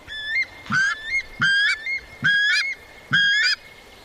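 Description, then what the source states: Weka calling, a loud series of harsh, nasal honking notes, each rising with a clear overtone stack, repeated about every 0.8 seconds, four notes in all. The male's mate calling; Marlborough Sounds.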